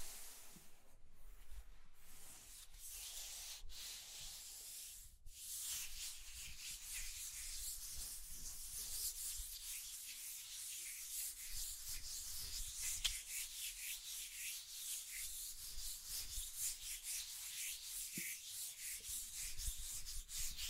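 Scratching and tracing sounds run steadily for the whole stretch, a dense, bright, papery rubbing like sanding. Brief gaps break it near the start, around one, two, three and a half and five seconds, then the strokes continue unbroken, with faint low thumps underneath.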